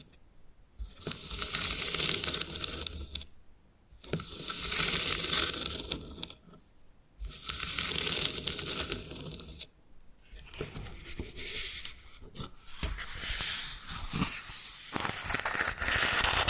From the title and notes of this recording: ASMR Brain Tingling Bamboo Tapping, Scratching and Brushing Sounds for Sleep (No Talking).